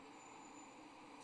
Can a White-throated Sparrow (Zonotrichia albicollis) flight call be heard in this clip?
no